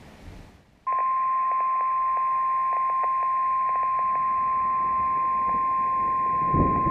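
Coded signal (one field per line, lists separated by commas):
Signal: Emergency Alert System (SAME) tones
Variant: 1050 Hz attention tone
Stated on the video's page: Severe thunderstorm warnings received on NOAA weather radio, with looping alerts during a thunderstorm.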